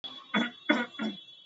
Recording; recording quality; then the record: shallow voluntary cough; excellent, no background noise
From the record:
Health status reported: exposed to COVID-19, no respiratory illness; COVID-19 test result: not tested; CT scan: not taken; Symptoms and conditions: cough, cold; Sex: male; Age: 24 years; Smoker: no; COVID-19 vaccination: both doses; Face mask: worn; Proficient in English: yes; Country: India